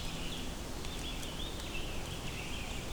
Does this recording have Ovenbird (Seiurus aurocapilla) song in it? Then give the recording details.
no. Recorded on 24 June 2016 at 05:28. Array SBT-6-76